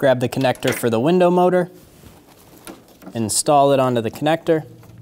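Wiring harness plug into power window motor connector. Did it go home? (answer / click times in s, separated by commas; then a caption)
no / none. Someone talks while the wiring harness plug is being fitted onto the connector of a new front power window motor on a 2003-2008 Subaru Forester, with a few brief handling sounds in the pause between phrases. Nothing has seated or clicked yet.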